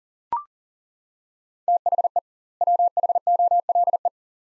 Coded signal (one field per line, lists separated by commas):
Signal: Morse code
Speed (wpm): 40 wpm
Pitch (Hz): 700 Hz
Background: none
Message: THE WHOLE